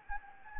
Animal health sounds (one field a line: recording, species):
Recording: mosquito wingbeat signal from an infrared sensor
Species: Anopheles gambiae